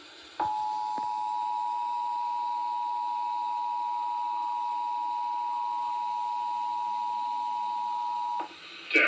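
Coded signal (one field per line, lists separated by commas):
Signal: Emergency Alert System (SAME) tones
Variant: 853 and 960 Hz attention tone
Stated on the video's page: Required Monthly Test alert tones aired on a Pennsylvania TV station.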